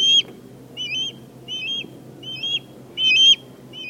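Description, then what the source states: Osprey calling: several short, high whistled chirps, each slightly inflected, repeated at a steady pace over a faint low background hum. Male ospreys calling during aerial flight displays, a slowly ascending hover usually with a fish in their talons, heard even above downtown areas.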